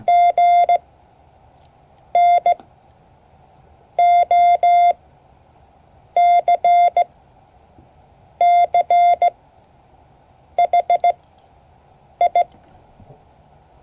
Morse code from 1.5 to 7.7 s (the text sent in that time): N O C